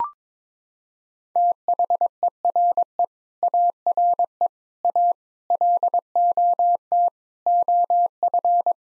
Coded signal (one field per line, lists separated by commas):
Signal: Morse code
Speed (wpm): 21 wpm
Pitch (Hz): 700 Hz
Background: none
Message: THERE ARE A LOT OF